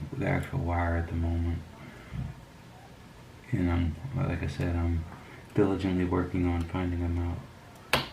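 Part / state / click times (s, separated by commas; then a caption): antenna wire connector onto laptop M.2 wireless card / seated / 7.9 s. A small antenna wire's coax connector is pressed onto its terminal on the M.2 wireless card inside a Dell G3 3590 (2019 Edition) laptop while someone talks. It snaps on with one sharp click at 7.9 s, and the connector is seated.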